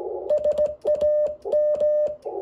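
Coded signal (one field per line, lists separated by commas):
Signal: Morse code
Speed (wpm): 17 wpm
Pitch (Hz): 600 Hz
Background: none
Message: SAM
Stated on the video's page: Contact on 20m during an SKCC weekend sprint, running an IC7300 at 5 watts QRP into a windom antenna.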